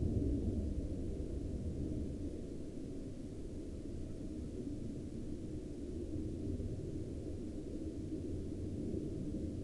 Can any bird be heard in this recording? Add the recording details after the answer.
no. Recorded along the Dempster Highway, Canada, on 11 April 2019 at 19:29. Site 13